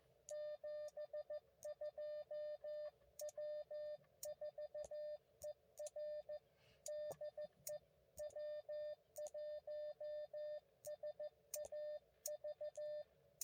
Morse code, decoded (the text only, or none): 72 W4ER DE W1SAV